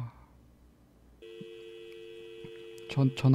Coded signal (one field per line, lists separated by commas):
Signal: telephone call progress tone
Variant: UK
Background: speech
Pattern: dial tone